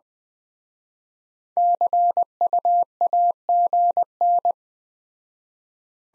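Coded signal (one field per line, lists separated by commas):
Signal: Morse code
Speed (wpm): 20 wpm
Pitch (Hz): 700 Hz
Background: none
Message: CUAGN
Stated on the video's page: Speed-Racing practice format starting fast and slowing to a 15 wpm base, fastest speed 1.5 times the slowest, with a final repeat at maximum speed.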